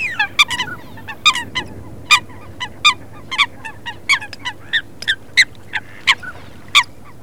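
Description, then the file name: Eurasian coot calls: a series of loud, short, sharp notes with some softer notes between them, over steady background noise. "FOLAGA"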